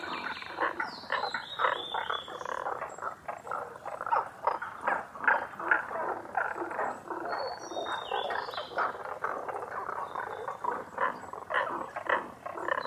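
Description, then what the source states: Tago's brown frog calls, a dense chorus of short grating croaks in uneven bursts, while faint high bird whistles slide in and out. Recorded 11 June 2010 at 18:05.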